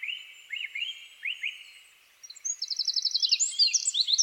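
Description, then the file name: Eurasian wren song: a few soft rising chirps, then a brief pause, then a sudden bright, rapid trill of high notes. "Troglodytes troglodytes"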